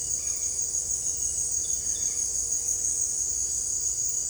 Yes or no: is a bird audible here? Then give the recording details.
no. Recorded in secondary vegetation near Puerto Asís, Putumayo, Colombia, on 26 December 2024 at 17:30. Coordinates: 0.484, -76.319. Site GP06